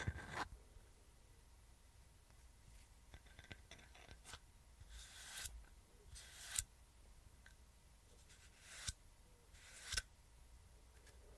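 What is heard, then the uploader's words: Hand movements and scissors: short bright snips and rustles come in scattered bursts, with a sharp one at the start and louder swishes near 5, 6.5, 9 and 10 seconds. Between them, faint clicks and soft handling noises sit over a quiet low hum. HAND MOVEMENTS, SCISSORS.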